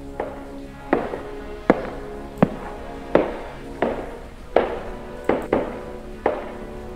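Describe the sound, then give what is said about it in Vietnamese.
A woman's steady footsteps walk along a third-floor hallway lined with closed doors, about ten sharp heel strikes at an even pace, each one ringing out with an echoing tail. No voices are heard. “Các cửa phòng đóng im lìm, tiếng bước chân của chị vang lên trên hành lang.”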